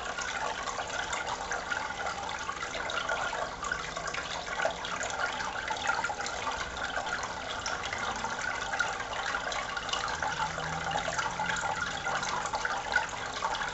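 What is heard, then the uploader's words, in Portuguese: Water runs in a steady, dense wash, mostly bright and hissy, with no clear breaks or separate events across the whole stretch. ÁGUA RELAXANTE - Sons naturais. Sons relaxantes de água.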